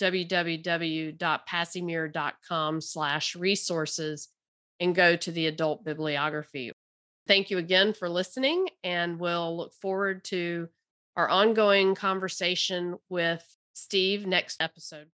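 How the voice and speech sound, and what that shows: A woman speaks fluently at a relaxed, even pace, with brief pauses between phrases. Her voice is clear and steady in a moderate pitch range, without hoarseness, breathiness or strain. This is a typical, healthy adult voice.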